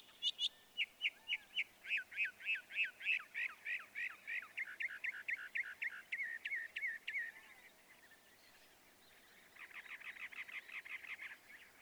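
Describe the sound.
Northern mockingbird song: a long series of rapid repeated descending notes for about seven seconds, a brief pause, then a fast buzzy repeated phrase.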